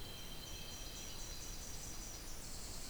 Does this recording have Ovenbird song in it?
no